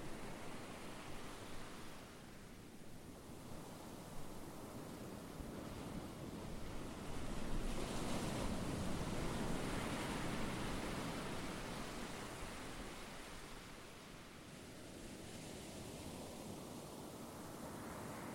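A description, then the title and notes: Ocean waves roll in a continuous wash of rushing noise, heavy in the low end with a hissy top. The surge builds and peaks around eight to ten seconds, eases back near fourteen, then swells again toward the end. Ocean waves.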